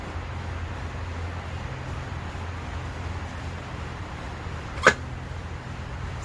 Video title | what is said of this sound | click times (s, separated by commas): 1998 Odyssey JDM F23a Swap Part 2-ish | You'll be able to feel it click in, | 4.9 s